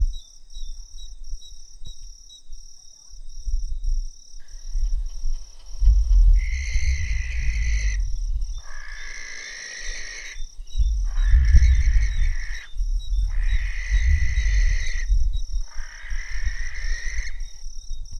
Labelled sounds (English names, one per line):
Western Barn Owl